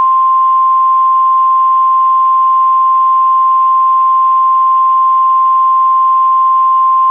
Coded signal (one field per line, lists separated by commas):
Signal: Emergency Alert System (SAME) tones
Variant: 1050 Hz attention tone